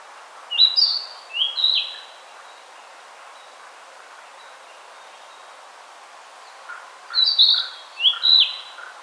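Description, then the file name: Narcissus flycatcher song: two bright phrases of clear whistled, slurred notes near the start, a pause, then two more phrases. "Ficedula narcissina"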